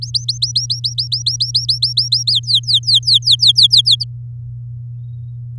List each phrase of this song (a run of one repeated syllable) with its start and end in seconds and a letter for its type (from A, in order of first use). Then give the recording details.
0.02-2.32 A, 2.33-4.04 B. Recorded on 9 May 2018 at 11:00. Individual llb16